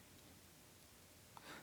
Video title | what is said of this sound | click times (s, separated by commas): Team Rv Express Fifth Wheel Hookup | now that it's locked on we're going to come back here we're going to visually inspect that the jaws | 1.4 s